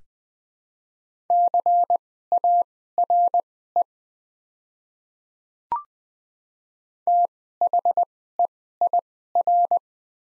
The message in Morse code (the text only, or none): CARE THEIR